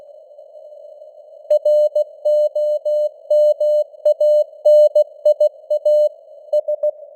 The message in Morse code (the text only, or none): ROMANIA S